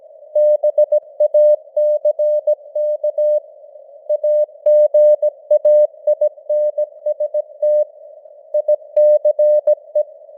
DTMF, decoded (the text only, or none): none